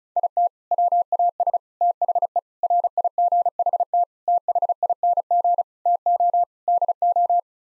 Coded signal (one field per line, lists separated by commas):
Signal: Morse code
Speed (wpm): 36 wpm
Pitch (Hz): 700 Hz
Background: none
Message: IT WAS THE RIGHT THING TO DO